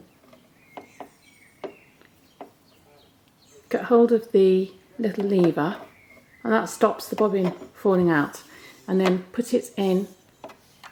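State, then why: Not seated. A bobbin case is handled before being fitted into a Brother X3 sewing machine, with its little lever held to stop the bobbin from falling out. A few small handling taps are heard early on, followed by someone talking. Nothing has seated or clicked yet.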